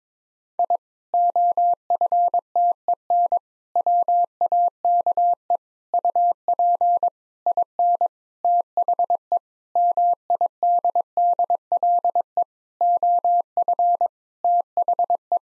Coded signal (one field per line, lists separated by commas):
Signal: Morse code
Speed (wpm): 22 wpm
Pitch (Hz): 700 Hz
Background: none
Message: I OFTEN WAKE UP IN THE MIDDLE OF THE